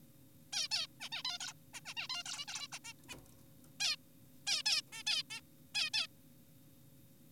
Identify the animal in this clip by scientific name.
Taeniopygia guttata